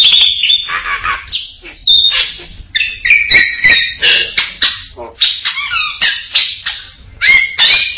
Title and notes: Jalak Bali. Kicau Burung Jalak